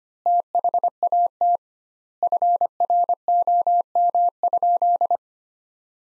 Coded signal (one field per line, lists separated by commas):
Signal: Morse code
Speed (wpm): 25 wpm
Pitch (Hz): 700 Hz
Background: none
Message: THAT FROM?